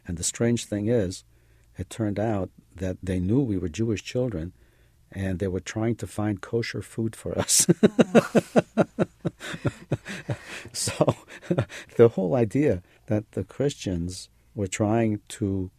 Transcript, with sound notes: And the strange thing is it turned out they knew we were Jewish children and they were trying to find Kosher food for us. (Laughs) So the whole idea that the Christians were trying to